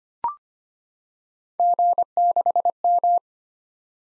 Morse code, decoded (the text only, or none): G6M